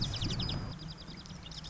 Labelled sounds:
Marsh Wren (Cistothorus palustris)
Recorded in Sonoma County, California

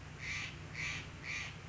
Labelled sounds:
Steller's Jay (Cyanocitta stelleri)
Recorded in Sonoma County, California

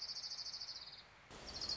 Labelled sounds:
Orange-crowned Warbler (Leiothlypis celata)
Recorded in Sonoma County, California

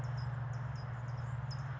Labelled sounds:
California Towhee (Melozone crissalis)
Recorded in Sonoma County, California

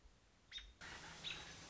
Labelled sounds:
American Robin (Turdus migratorius)
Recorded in Sonoma County, California

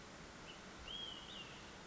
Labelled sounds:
Olive-sided Flycatcher (Contopus cooperi)
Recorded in Sonoma County, California

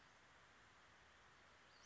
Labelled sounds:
Western Flycatcher (Empidonax difficilis)
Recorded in Sonoma County, California

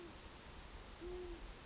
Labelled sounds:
Great Horned Owl (Bubo virginianus)
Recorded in Sonoma County, California

